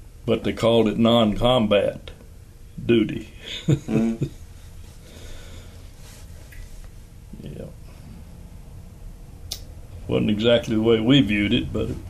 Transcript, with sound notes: but they called it non-combat duty, [Chuckling] yeah. It wasn’t exactly the way we viewed it, but